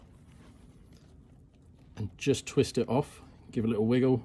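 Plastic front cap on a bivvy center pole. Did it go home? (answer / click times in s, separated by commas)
no / none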